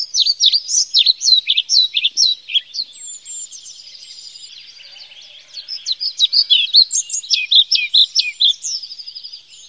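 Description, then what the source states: Pied flycatcher song: lively, high, varied notes and short chirpy phrases repeated over nearly ten seconds, with a softer, quieter stretch in the middle. Presented as one of the sounds of summer.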